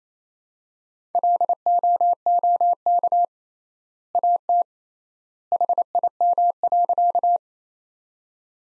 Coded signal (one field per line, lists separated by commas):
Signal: Morse code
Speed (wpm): 28 wpm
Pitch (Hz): 700 Hz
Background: none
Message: LOOK AT HIM.